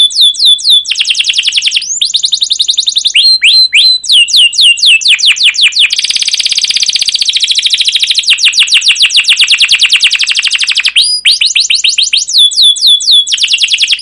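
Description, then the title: Canary song, loud and continuous: rapid trills of downslurred whistles alternating with dense buzzy rolls, shifting between phrases every second or two without pause. Canary song used as a lure and master recording for teaching young canaries; long, continuous 'cuit cuit' chirping, described as emotional. "CUIT CUIT NGEROL LANGSUNG GACOR PANJANG Kenari Ini AMPUH Utk Pancingan KENAR"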